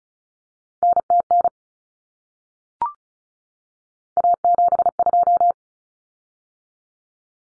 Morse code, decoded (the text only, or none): NTN A72